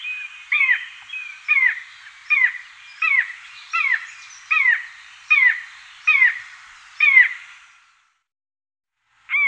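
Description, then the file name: Common buzzard calling in a steady series of short hoarse notes with a downward hook, roughly one per second, then a pause and one final note. "Maeusebussard"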